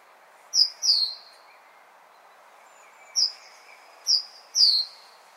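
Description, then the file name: Great tit giving high, thin, downslurred notes, a pair first, then three more after a pause, against a soft hissing background. "Parus major"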